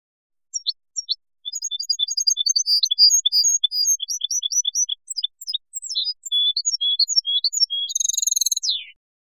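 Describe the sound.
European goldfinch song: a rapid, tinkling run of bright, varied high chirps and twitters, ending in a short buzzy, falling note.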